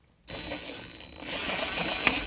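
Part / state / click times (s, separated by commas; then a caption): hollow-wall anchor and screw in thin wood wall paneling / seated / 2.1 s. A screw is driven into a hollow-wall anchor in thin wood wall paneling, with steady noise from about 0.3 s. A short, sharp pop at 2.1 s marks the anchor setting behind the panel, and it is seated.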